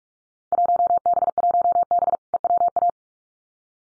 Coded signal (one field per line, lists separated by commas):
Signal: Morse code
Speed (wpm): 46 wpm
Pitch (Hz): 700 Hz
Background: none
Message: 1B1B EWA